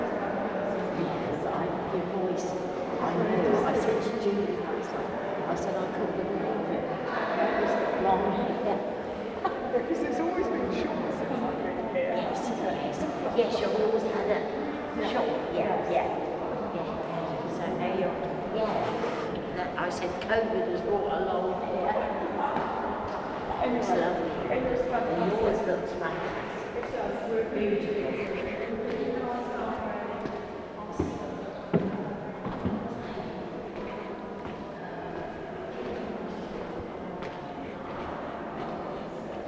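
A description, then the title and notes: Inside a cathedral nave, many voices murmur at once in a dense, steady wash of chatter that blurs together in the reverberant space. Scattered footsteps and small knocks ring out throughout, with a few sharper thuds near the thirty-second mark. ASMR cathedral sounds. Some relaxing natural sounds recorded in the Nave of Ely cathedral.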